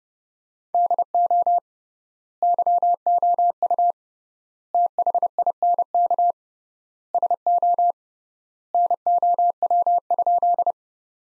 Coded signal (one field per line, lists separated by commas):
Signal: Morse code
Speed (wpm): 32 wpm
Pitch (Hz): 700 Hz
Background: none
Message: DO YOU THINK SO NOW?